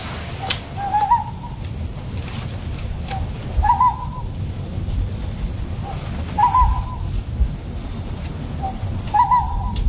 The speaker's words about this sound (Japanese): じゃあ次聞いてみましょう。こちらはおまけ。波照間島のコノハズクです。